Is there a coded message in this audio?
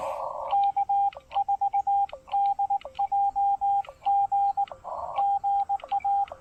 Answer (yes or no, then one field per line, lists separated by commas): yes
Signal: Morse code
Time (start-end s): 0.5-6.2 s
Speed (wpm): 20 wpm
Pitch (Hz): 800 Hz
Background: radio noise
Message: K4DJG GA